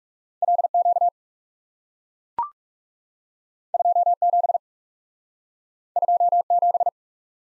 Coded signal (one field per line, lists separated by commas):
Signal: Morse code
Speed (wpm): 37 wpm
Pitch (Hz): 700 Hz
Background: none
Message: L Q 2 7 2 7